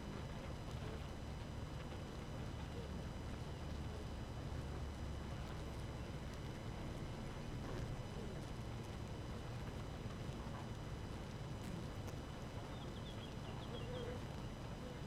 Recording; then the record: honeybee colony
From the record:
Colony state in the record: active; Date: 12 June 2018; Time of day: 4:46